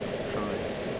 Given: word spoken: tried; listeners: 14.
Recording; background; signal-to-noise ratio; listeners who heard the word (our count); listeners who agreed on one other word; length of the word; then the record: one English word in noise, from a listening test; speech-shaped noise; -5.2 dB; 0 of 14; 9 of 14; 0.60 s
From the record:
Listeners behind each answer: 9, 1, 1, 1, 1, 1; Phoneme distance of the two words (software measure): 7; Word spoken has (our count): 1 syllable, 4 phonemes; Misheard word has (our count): 1 syllable, 3 phonemes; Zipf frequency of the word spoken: 5.15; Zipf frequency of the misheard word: 5.65